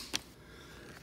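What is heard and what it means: A Sena 30K motorcycle intercom unit is released from its mounting clamp on an HJC RPHA 70 ST helmet by pressing the release on the clamp. A single sharp click is heard at 0.15 s as the unit releases, followed by quiet background. The unit comes free of the clamp.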